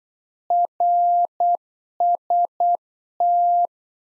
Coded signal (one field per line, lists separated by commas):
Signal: Morse code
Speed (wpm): 8 wpm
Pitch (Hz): 700 Hz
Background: none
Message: RST